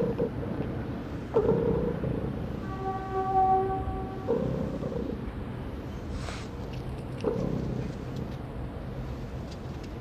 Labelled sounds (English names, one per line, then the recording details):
Bat-eared Fox growling
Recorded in captivity
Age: adult
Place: Zoo Halle, Sachsen-Anhalt, DE
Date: 1977-10-13 12:35
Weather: sonnig, ca, 18°C
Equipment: Nagra SN, Kopie Uher 4000 Report Monitor
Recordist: Tembrock, Günter